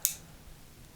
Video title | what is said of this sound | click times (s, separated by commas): A sgian dubh and a carabiner knife from one of my subscribers | this actually locks in place I mean you probably heard the click so this is a liner lock | 0.1 s